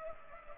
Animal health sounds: mosquito wingbeat signal from an infrared sensor; Culex pipiens

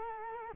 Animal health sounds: mosquito wingbeat signal from an infrared sensor; Culex quinquefasciatus

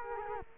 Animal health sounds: mosquito wingbeat signal from an infrared sensor; Culex quinquefasciatus

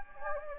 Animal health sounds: mosquito wingbeat signal from an infrared sensor; Anopheles gambiae

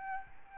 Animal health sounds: mosquito wingbeat signal from an infrared sensor; Aedes albopictus

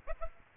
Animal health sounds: mosquito wingbeat signal from an infrared sensor; Aedes aegypti

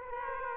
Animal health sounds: mosquito wingbeat signal from an infrared sensor; Aedes aegypti

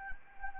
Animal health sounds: mosquito wingbeat signal from an infrared sensor; Anopheles gambiae

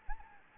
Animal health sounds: mosquito wingbeat signal from an infrared sensor; Anopheles gambiae

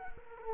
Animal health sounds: mosquito wingbeat signal from an infrared sensor; Culex quinquefasciatus

